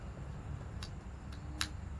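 A GoPro action camera is pushed into a plastic re-fuel by Digipower frame that doubles as a battery bank, over a steady low background hum. Two sharp ticks sound at 0.8 s and 1.6 s, the second the loudest, with a fainter tick near 1.3 s between them. The camera snaps into place and is seated in the frame.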